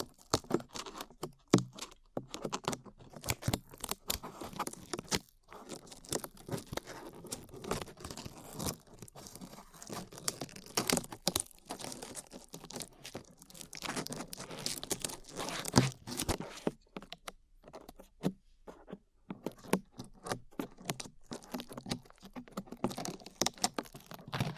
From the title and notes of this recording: ASMR Peeling Glue Off Your Ears (No Talking).